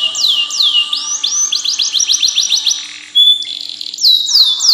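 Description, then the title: Canary song with a few swooping notes, a short rapid trill, a brief pause, then a buzzy rolling phrase and more swooping whistles. "Ini Baru Kenari!"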